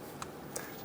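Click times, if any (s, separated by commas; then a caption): 0.2 s, 0.6 s. Plastic wiring harness connectors are pushed down onto the fuel injectors of a 2003-2007 Honda Accord, then pulled to make sure they are locked on. Two short, sharp clicks sound at 0.2 s and 0.6 s over a low, steady background. Each connector seats and locks onto its injector.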